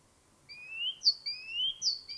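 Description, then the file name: Great tit giving its see-sawing two-note phrase, a high clipped note and a lower upslurred whistle, repeated in a steady, ringing rhythm. "Parus major"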